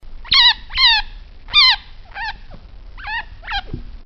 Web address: o bebe chama pela mama sons de chinchilas